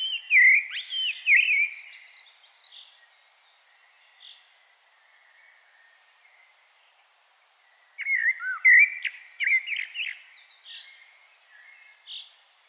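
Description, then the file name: Common blackbird song: two bursts of rich, fluty warbling separated by a long quieter gap, with faint high chirps in between. "Turdus merula"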